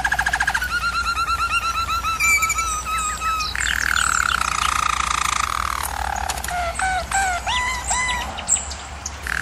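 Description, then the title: German Roller canary singing a continuous song: rapid repeated notes, then a long rolling trill, followed by rising slurred whistles, with a steady low hum beneath. Canary training recording of a German Roller canary singing. "German Roller Canary Singing - Canary Training Vid"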